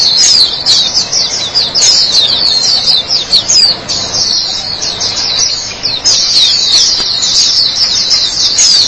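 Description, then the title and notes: White-eye song: rapid high chirping phrases in bursts, a short lull around the middle, then the fast twittering resumes. "Kicauan Burung Pleci Durasi Panjang. Suara kicauan burung pleci"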